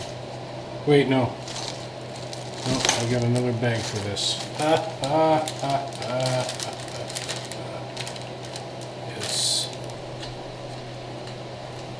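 A metal snap ring is handled near a transmission shaft during an AX15 gearbox rebuild, with light metallic taps and handling noises while someone talks. The ring has not yet snapped into its groove; nothing has seated or clicked by the end of the clip.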